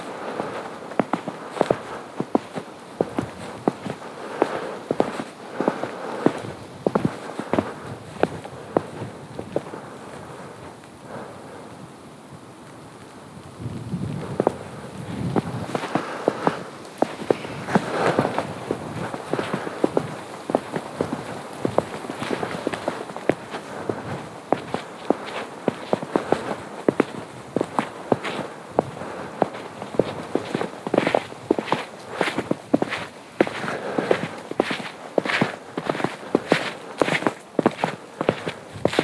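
Footsteps crunch through fresh snow at a steady walking pace, each step a crisp, bright crackle. Around 11 to 14 seconds the steps pause briefly, then resume; later they quicken into a denser rhythm. A faint low breathy rustle sits underneath.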